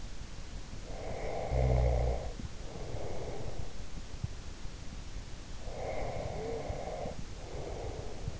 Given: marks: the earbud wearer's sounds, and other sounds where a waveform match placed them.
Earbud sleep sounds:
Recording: sounds in sleep by an in-ear microphone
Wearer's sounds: snoring breath, breath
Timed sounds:
0.86-3.71 s: snoring breath
5.59-8.40 s: breath

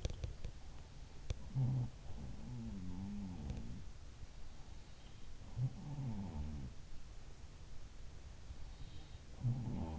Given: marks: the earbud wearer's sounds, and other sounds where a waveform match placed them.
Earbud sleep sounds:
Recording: sounds in sleep by an in-ear microphone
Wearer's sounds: teeth grinding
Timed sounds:
0.00-0.59 s: teeth grinding
0.87-4.03 s: sound from someone else or the room
1.25-1.43 s: teeth grinding
5.33-6.88 s: sound from someone else or the room
9.34-9.99 s: sound from someone else or the room

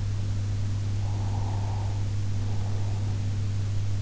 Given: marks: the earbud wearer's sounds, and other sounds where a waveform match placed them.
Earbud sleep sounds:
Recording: sounds in sleep by an in-ear microphone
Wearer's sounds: breath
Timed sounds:
0.96-3.67 s: breath

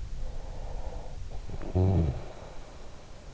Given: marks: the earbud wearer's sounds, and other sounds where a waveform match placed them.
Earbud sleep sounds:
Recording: sounds in sleep by an in-ear microphone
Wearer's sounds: snoring breath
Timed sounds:
0.40-3.08 s: snoring breath

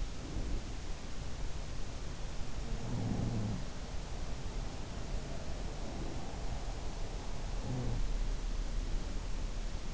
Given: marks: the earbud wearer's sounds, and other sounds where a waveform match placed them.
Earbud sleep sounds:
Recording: sounds in sleep by an in-ear microphone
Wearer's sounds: breath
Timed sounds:
0.00-1.19 s: breath
2.82-3.75 s: sound from someone else or the room
5.47-6.76 s: breath
7.47-8.25 s: sound from someone else or the room

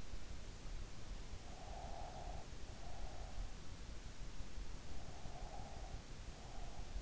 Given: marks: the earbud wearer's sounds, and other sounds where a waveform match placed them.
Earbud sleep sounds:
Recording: sounds in sleep by an in-ear microphone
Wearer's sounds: breath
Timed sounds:
1.28-3.75 s: breath

